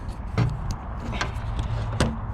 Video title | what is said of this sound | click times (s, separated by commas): OBS LS Swap Throttle Cable and Front core support | you hear that click and then i'm going to go ahead and turn them down | 2.0 s